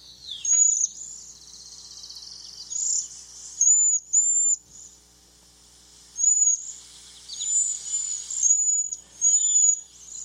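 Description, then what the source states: Cedar Waxwing lisping song: very high, thin, hissy notes, some short and some drawn out, given in scattered bursts with quiet gaps between. High-pitched lisping song, often heard before a flock is seen moving through bushes gleaning berries; early naturalists described it as a lisp.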